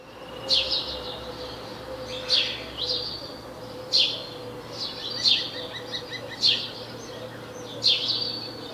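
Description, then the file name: House sparrow calls, sharp chirps at irregular intervals, with a soft quick trill midway and a low steady hum behind. "Passer domesticus"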